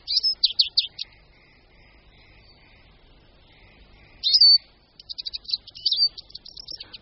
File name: Čížek-lesní